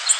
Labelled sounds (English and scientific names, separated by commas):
Golden-cheeked Warbler (Setophaga chrysoparia) flight call